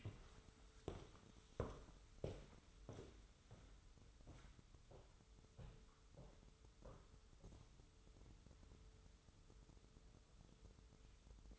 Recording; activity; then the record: daily activity, microphone in the room; walk to room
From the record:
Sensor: 3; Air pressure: 988.0 hPa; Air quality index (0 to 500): 148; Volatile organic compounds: 55 ppm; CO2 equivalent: 3354 ppm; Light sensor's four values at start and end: 27/82/35/30 and 27/82/34/30